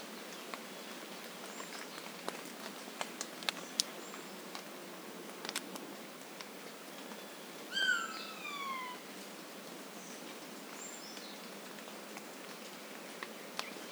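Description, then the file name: Eurasian jay call: a brief series of stacked, descending notes lasting about a second, with rain dripping and faint thin bird whistles around it. "Garrulus glandarius"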